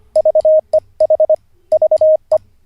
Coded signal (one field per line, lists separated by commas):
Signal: Morse code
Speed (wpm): 25 wpm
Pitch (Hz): 620 Hz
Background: none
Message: VEH VE